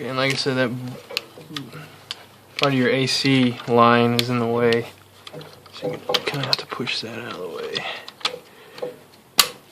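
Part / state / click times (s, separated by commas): likely electrical connector into alternator on a car engine / seated / 9.4 s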